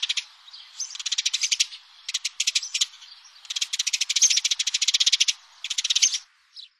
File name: Moineau domestique